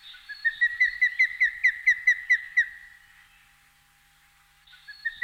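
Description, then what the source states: Western osprey giving a rapid series of clear whistled notes, then a pause before a new series starts. Migrating back to Africa at this season.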